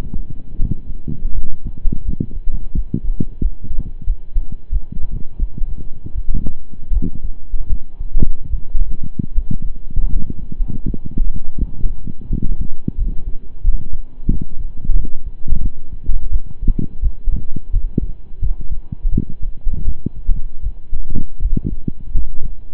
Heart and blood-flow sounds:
heart sounds by stethoscope; between the tricuspid and mitral areas; 83 bpm
0.57 s: heartbeat
1.32 s: heartbeat
2.02 s: heartbeat
2.72 s: heartbeat
3.39 s: heartbeat
4.04 s: heartbeat
4.69 s: heartbeat
5.36 s: heartbeat
6.13 s: heartbeat
6.90 s: heartbeat
7.67 s: heartbeat
8.48 s: heartbeat
9.32 s: heartbeat
10.10 s: heartbeat
10.83 s: heartbeat
11.56 s: heartbeat
12.27 s: heartbeat
12.95 s: heartbeat
13.61 s: heartbeat
14.27 s: heartbeat
14.92 s: heartbeat
15.59 s: heartbeat
16.29 s: heartbeat
17.00 s: heartbeat
17.70 s: heartbeat
18.39 s: heartbeat
19.09 s: heartbeat
19.83 s: heartbeat
20.61 s: heartbeat
21.39 s: heartbeat
22.13 s: heartbeat
From the record:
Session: slow and fast walking with breaks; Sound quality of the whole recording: saturated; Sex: male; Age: 25 years

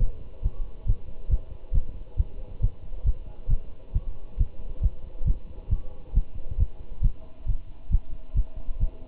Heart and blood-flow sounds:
heart sounds by stethoscope; between the tricuspid and mitral areas; 136 bpm
0.44 s: heartbeat
0.88 s: heartbeat
1.31 s: heartbeat
1.74 s: heartbeat
2.18 s: heartbeat
2.62 s: heartbeat
3.06 s: heartbeat
3.50 s: heartbeat
3.95 s: heartbeat
4.39 s: heartbeat
4.83 s: heartbeat
5.27 s: heartbeat
5.71 s: heartbeat
6.15 s: heartbeat
6.59 s: heartbeat
7.03 s: heartbeat
7.48 s: heartbeat
7.92 s: heartbeat
8.36 s: heartbeat
8.81 s: heartbeat
From the record:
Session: Bruce protocol treadmill stress test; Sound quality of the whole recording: good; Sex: male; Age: 25 years

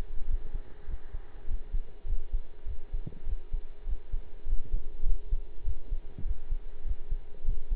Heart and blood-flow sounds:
heart sounds by stethoscope; between the tricuspid and mitral areas; 100 bpm
0.26 s: heartbeat
0.86 s: heartbeat
1.46 s: heartbeat
2.06 s: heartbeat
2.65 s: heartbeat
3.25 s: heartbeat
3.85 s: heartbeat
4.45 s: heartbeat
5.04 s: heartbeat
5.64 s: heartbeat
6.23 s: heartbeat
6.83 s: heartbeat
7.44 s: heartbeat
From the record:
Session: pedaling a stationary bicycle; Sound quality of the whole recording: partially saturated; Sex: male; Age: 23 years

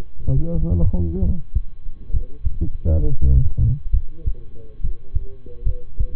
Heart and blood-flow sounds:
heart sounds by stethoscope; between the tricuspid and mitral areas; 68 bpm
0.33 s: heartbeat
1.18 s: heartbeat
2.10 s: heartbeat
3.00 s: heartbeat
3.90 s: heartbeat
4.79 s: heartbeat
5.62 s: heartbeat
From the record:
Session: rest, lying down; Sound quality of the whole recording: good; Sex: male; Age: 23 years

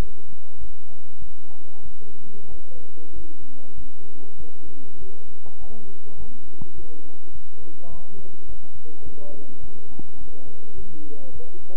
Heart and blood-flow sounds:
heart sounds by stethoscope; between the tricuspid and mitral areas; 101 bpm
0.58 s: heartbeat
1.19 s: heartbeat
1.83 s: heartbeat
2.49 s: heartbeat
3.13 s: heartbeat
3.75 s: heartbeat
4.37 s: heartbeat
4.98 s: heartbeat
5.59 s: heartbeat
6.17 s: heartbeat
6.75 s: heartbeat
7.32 s: heartbeat
7.90 s: heartbeat
8.46 s: heartbeat
9.03 s: heartbeat
9.61 s: heartbeat
10.18 s: heartbeat
10.75 s: heartbeat
11.33 s: heartbeat
From the record:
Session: bicycle stress test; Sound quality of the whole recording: good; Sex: male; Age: 23 years

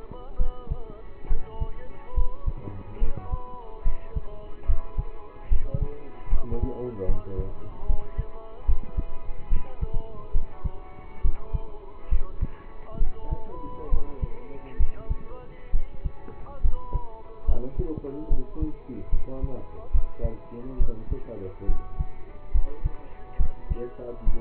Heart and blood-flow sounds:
heart sounds by stethoscope; between the tricuspid and mitral areas; 70 bpm
0.37 s: heartbeat
1.28 s: heartbeat
2.14 s: heartbeat
2.99 s: heartbeat
3.83 s: heartbeat
4.66 s: heartbeat
5.48 s: heartbeat
6.29 s: heartbeat
7.06 s: heartbeat
7.86 s: heartbeat
8.65 s: heartbeat
9.49 s: heartbeat
10.32 s: heartbeat
11.21 s: heartbeat
12.09 s: heartbeat
12.98 s: heartbeat
13.89 s: heartbeat
14.77 s: heartbeat
15.71 s: heartbeat
16.61 s: heartbeat
17.45 s: heartbeat
18.28 s: heartbeat
19.10 s: heartbeat
19.91 s: heartbeat
20.77 s: heartbeat
21.66 s: heartbeat
22.51 s: heartbeat
23.37 s: heartbeat
24.24 s: heartbeat
From the record:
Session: rest, lying down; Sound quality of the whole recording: partially saturated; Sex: male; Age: 27 years

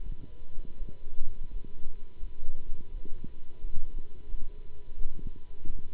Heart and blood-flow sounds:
heart sounds by stethoscope; between the tricuspid and mitral areas; 86 bpm
0.02 s: heartbeat
0.76 s: heartbeat
1.50 s: heartbeat
2.19 s: heartbeat
2.90 s: heartbeat
3.60 s: heartbeat
4.28 s: heartbeat
4.95 s: heartbeat
5.62 s: heartbeat
From the record:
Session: Bruce protocol treadmill stress test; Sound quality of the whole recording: good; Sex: male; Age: 26 years

